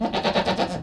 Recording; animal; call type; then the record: contact call of a hoofed animal; goat; low-frequency (closed-mouth) or high-frequency (open-mouth) call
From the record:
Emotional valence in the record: negative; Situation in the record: food frustration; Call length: 0.84 s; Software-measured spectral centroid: 2130 Hz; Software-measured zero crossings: 2060 a second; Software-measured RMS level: -24 dBFS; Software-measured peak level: -9 dBFS